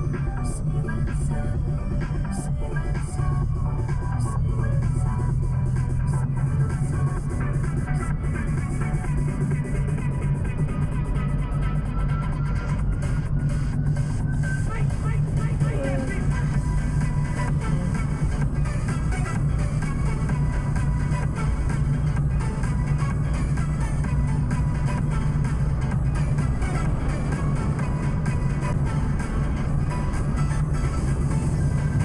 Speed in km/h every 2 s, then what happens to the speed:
31, 34, 39, 41, 42, 45, 47, 49, 50, 52, 54, 56, 58, 60, 62, 64.
0-32 speeds up to 64.